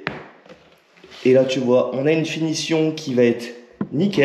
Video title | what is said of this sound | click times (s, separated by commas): Fini les vis apparentes avec la lamello zeta p2 - Ep 129 | une fois qu'on est dedans on a juste à clipser et | 0.1 s